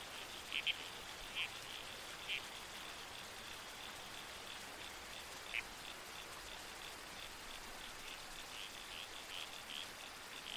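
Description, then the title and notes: Red-crowned toadlet giving a few brief squelchy calls, mostly in the first half, then only a constant hiss of creek water and wind. Night soundscape in the bush with a babbling creek and trees swaying in the wind. "Soundscape - Red-Crowned Toadlet. the babbling creek. the whispered sway of trees in the wind. the murmurs of the bush. Nocturnal Worlds. Australian Museum"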